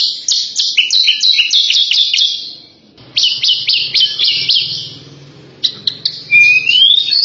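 Horsfield's bush lark singing bursts of rapid high chattering notes separated by short pauses, the last burst with a clear rising whistle.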